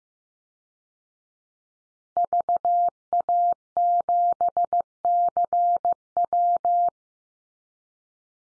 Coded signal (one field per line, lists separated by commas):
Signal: Morse code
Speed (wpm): 15 wpm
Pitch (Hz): 700 Hz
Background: none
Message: VA7CW